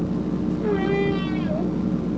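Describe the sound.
Whale call: a single drawn-out tonal moan rich in harmonics, holding steady then ending in a short upward sweep, heard over a constant low rumbling noise.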